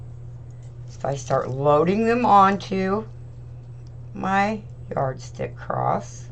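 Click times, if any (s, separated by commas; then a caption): none. A thin 6-inch plastic zip tie is being handled for fastening around a wooden yardstick cross while someone talks. Nothing has seated or clicked yet.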